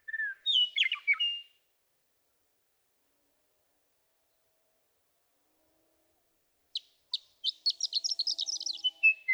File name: Western Meadowlark